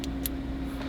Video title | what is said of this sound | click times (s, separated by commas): 2016-2018 Nissan Altima Radio Installation | upward all right and you can't see that but it goes like this and you hear click | 0.3 s